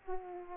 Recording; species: mosquito wingbeat signal from an infrared sensor; Aedes aegypti